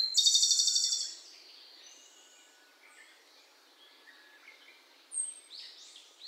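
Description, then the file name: Izu robin giving a loud, rapid, high metallic trill lasting about a second, then quieter scattered high notes. Recorded on Miyake Island on 16 May 2016. "tanekoma 160516 miyake kuroda"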